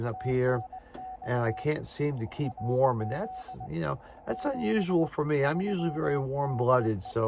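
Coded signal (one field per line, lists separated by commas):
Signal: Morse code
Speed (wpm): 20 wpm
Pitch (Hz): 750 Hz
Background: speech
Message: TNX AZ 73 DE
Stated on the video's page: Morse code from a state park activation.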